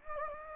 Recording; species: mosquito wingbeat signal from an infrared sensor; Anopheles gambiae